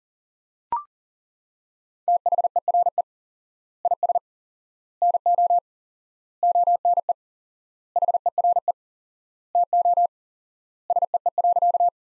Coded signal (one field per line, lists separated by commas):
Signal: Morse code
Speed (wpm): 40 wpm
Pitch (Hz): 700 Hz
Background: none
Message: THERE IS NO ONE HERE TO SEE.